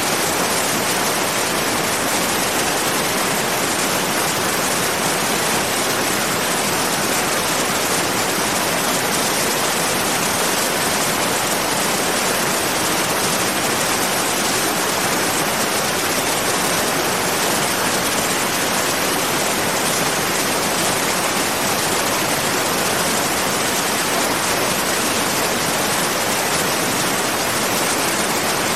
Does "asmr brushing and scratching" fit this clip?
no